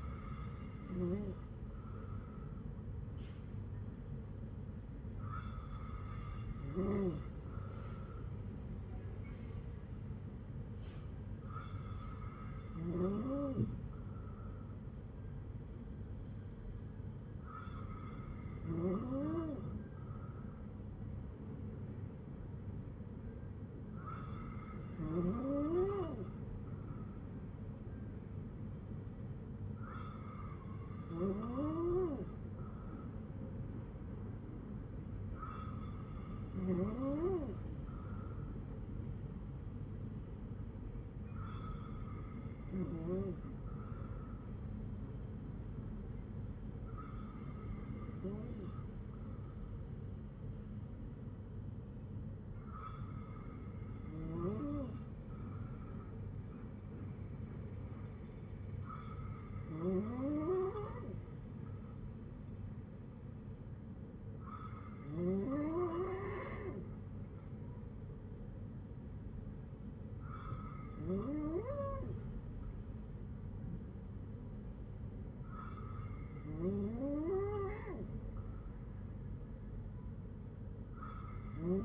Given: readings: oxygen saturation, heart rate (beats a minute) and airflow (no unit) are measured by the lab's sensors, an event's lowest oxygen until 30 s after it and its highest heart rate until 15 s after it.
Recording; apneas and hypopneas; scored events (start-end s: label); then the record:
breathing in sleep by a smartphone at the bedside; none
none scored
From the record:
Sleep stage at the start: N2 (light sleep); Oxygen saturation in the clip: 94 to 96%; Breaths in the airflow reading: 16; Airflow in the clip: -5.4 to 4.7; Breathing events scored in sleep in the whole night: 182 in 7.4 hours asleep